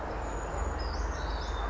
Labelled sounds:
Brown Creeper
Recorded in Sonoma County, California

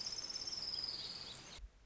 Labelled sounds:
Orange-crowned Warbler
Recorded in Sonoma County, California

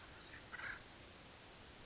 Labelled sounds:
Acorn Woodpecker
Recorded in Sonoma County, California

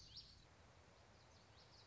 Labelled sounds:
Common Yellowthroat
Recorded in Sonoma County, California

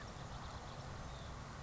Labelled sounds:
California Quail
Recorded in Sonoma County, California

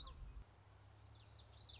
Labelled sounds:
Common Yellowthroat
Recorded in Sonoma County, California

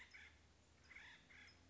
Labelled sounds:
Acorn Woodpecker
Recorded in Sonoma County, California

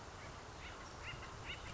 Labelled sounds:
Acorn Woodpecker
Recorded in Sonoma County, California

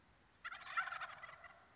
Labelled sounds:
Wild Turkey
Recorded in Sonoma County, California

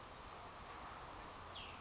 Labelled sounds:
Cassin's Vireo
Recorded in Sonoma County, California

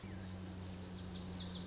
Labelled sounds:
Lazuli Bunting
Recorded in Sonoma County, California

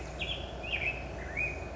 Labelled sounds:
Black-headed Grosbeak
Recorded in Sonoma County, California

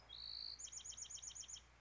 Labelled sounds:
Chestnut-backed Chickadee
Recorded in Sonoma County, California

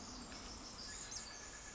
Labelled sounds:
Pacific Wren
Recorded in Sonoma County, California

